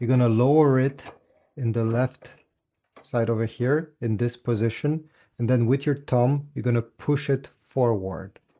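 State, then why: Not seated. A tri-color ink cartridge is lowered into the left slot of the carriage of an HP Envy Photo 7975 printer, ready to be pushed forward with the thumb, while someone talks throughout. Nothing has seated or clicked into place yet.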